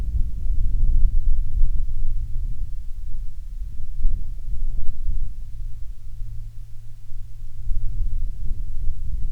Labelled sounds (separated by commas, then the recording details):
wind
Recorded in the Prudhoe Bay oil fields, Alaska, on 7 August 2019 at 14:25
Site 17